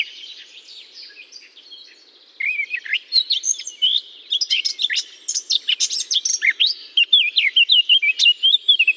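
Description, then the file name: Eurasian blackcap song begins after a quiet pause, a rich, rapid warble of chirps and clear fluty notes running to the end. Singing in holly. "chant de fauvette a tete noire dans houx"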